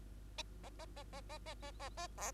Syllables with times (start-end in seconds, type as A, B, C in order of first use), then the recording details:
0.64-0.69 A, 0.79-0.85 A, 0.96-1.03 A, 1.13-1.21 A, 1.29-1.38 A, 1.46-1.54 A, 1.62-1.71 A, 1.79-1.89 A, 1.97-2.07 A, 2.17-2.32 B. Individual Bird2